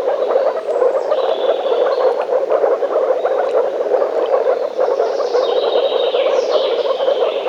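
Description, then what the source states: Frogs croaking continuously in a thick chorus. Frogs in a forest.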